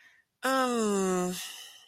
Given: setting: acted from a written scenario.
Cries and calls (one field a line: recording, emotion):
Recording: vocal sound without words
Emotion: confusion